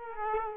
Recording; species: mosquito wingbeat signal from an infrared sensor; Culex quinquefasciatus